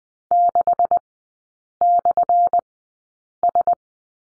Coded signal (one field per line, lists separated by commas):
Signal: Morse code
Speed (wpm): 20 wpm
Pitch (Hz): 700 Hz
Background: none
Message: 6/S